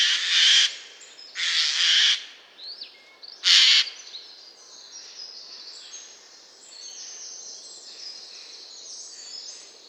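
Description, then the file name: Eurasian jay giving three harsh screeches in the first four seconds. "Garrulus glandarius"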